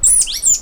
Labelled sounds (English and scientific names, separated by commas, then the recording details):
Stitchbird (Notiomystis cincta) song
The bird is a male
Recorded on Tiritiri Matangi Island, New Zealand, in 2005
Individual 9, of nest box 11